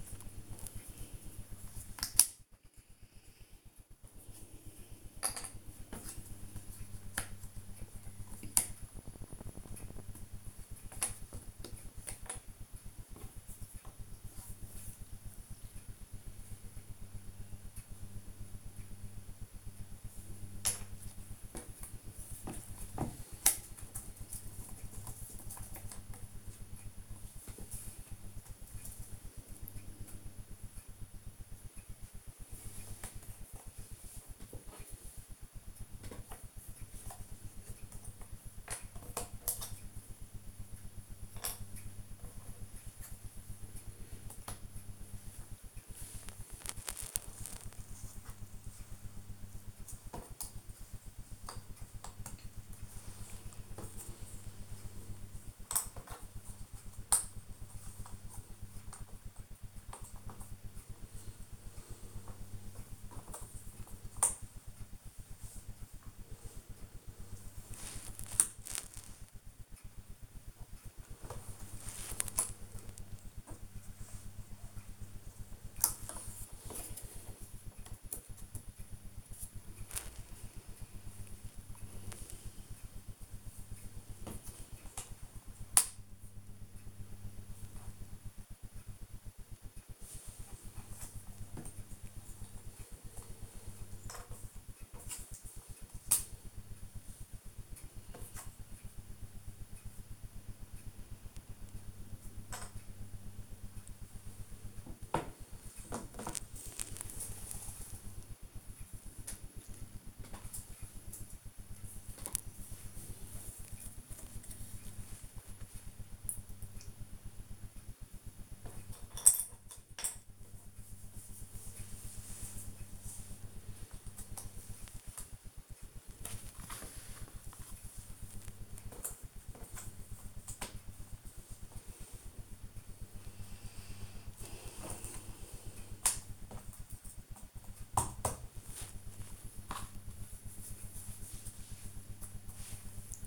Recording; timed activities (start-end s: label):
household activities, microphone on the right wrist
0.00-27.11 s: doing a puzzle
34.15-109.54 s: doing a puzzle
111.56-143.27 s: doing a puzzle